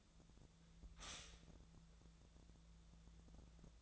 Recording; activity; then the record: daily activity, microphone in the room; stop toaster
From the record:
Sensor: 3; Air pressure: 1000.2 hPa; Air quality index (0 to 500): 152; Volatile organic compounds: 3 ppm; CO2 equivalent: 1343 ppm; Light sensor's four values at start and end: 38/96/40/44 and 38/96/40/44